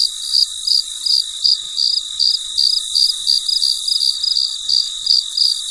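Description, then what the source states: Cricket chirping in short high bursts, about three each second, above a steady thin insect drone. Recorded late at night, in quiet surroundings.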